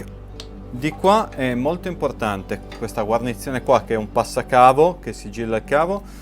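During a motorcycle engine rebuild, a wiring harness connector is pushed onto the throttle body's plastic socket and seats with a single sharp click at 0.4 s. Someone then talks over faint background music.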